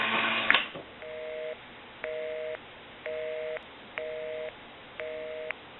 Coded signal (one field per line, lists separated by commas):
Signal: telephone call progress tone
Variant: North America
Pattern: busy tone